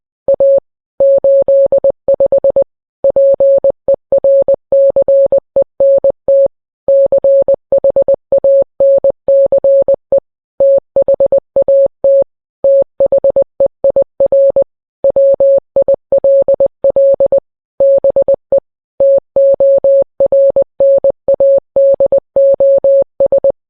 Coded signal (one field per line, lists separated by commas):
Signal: Morse code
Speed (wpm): 20 wpm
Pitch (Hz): 550 Hz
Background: none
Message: A 85 PERCENT CHANCE THAT THEIR WILL BE TORNADOS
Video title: EAS alert(read disc for context) morse code